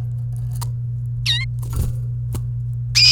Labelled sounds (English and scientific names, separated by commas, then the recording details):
Domestic Canary (Serinus canaria) song
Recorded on 28 April 2018 at 12:48
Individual llb3